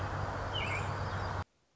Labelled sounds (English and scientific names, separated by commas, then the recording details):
American Robin (Turdus migratorius)
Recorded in Sonoma County, California